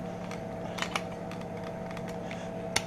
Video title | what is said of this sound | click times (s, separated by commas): Station Vlog #5 SCBA Checks | or click. You'll hear it click like that, | 2.8 s